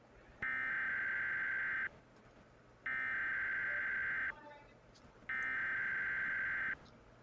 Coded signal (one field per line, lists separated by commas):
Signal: Emergency Alert System (SAME) tones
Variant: header bursts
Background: speech